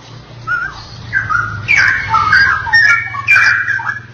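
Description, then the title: Oriental magpie-robin song starting with soft whistles, then louder mixed warbles and bright sharp notes, under a low steady hum. "Kicau Kacer"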